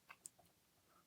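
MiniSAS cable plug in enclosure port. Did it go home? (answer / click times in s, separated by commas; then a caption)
released / 0.3 s. Pulling the pull tab on an external miniSAS cable plug unlatches it from its port on the drive enclosure or HBA. A faint click comes first, then a sharp, short hit at 0.3 s as the plug releases.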